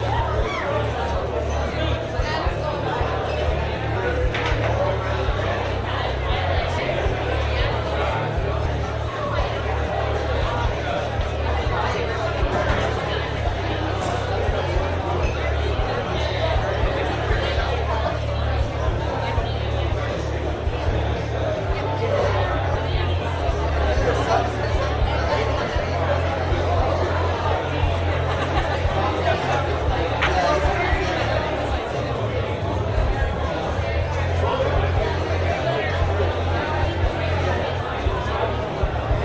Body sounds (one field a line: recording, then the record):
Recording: background sound without coughing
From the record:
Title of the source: CITY SOUNDS Busy Bar in the Evening Night - 2 HOURS of Ambiance for Relaxation